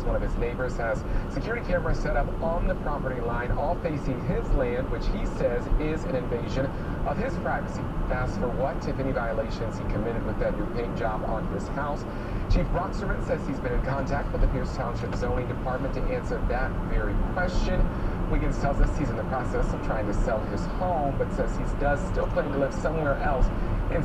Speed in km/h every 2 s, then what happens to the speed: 53, 55, 56, 56, 58, 58, 58, 58, 61, 63, 63, 63.
0-24 speeds up to 63.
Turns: none.